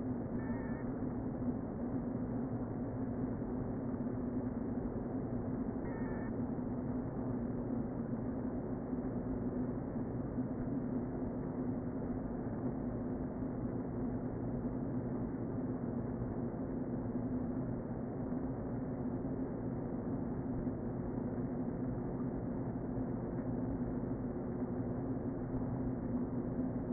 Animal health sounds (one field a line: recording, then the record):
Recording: honeybee colony, microphone inside the hive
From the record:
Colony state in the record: queen present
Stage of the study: before two queens were removed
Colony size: about 60,000 bees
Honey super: yes